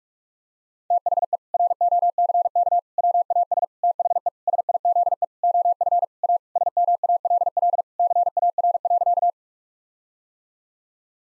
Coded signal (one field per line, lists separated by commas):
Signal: Morse code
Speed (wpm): 48 wpm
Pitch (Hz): 700 Hz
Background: none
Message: THE ROCK WAS THE SIZE OF A SMALL CAR.